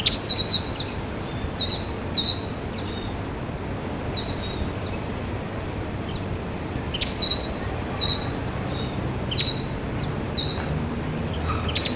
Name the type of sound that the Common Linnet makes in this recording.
call